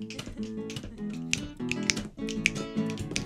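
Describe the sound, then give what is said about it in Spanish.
Rapid, irregular clicks and light snaps, imitating the little leaves of a plant clicking in a gentle breeze, patter on for a few seconds over a steady, low sustained tone. “Esta planta cuando hay viento emite muchos sonidos, cuando hay una brisa suave sus hojitas son chasquidos. A ver los chasquidos.”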